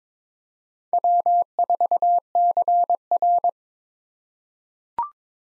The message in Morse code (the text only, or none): W4CR